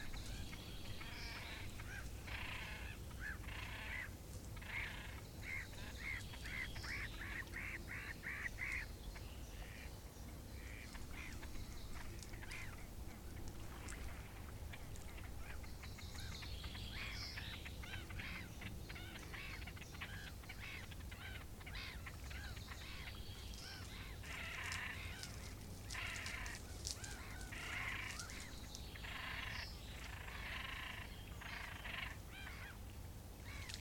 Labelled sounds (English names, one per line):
Great Reed Warbler